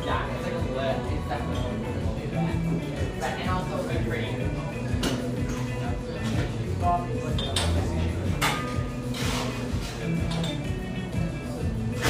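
Café chatter fills the whole stretch, a steady, dense murmur of overlapping voices. Cups and dishes clink now and then, with sharp bright clatters around five and eight seconds. A low, even hum runs underneath throughout.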